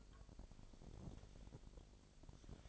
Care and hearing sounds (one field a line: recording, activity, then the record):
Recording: daily activity, microphone in the room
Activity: take from stove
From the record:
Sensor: 5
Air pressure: 999.5 hPa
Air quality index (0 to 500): 221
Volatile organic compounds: 20 ppm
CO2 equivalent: 2706 ppm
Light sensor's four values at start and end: 30/68/28/28 and 32/74/30/29